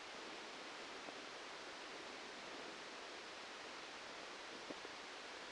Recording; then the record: brain microelectrode recording played as sound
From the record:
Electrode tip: outside the subthalamic nucleus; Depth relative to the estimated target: -8 mm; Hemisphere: left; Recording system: NeuroSet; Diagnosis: Parkinson's disease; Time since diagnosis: 13 years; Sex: male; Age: 63 years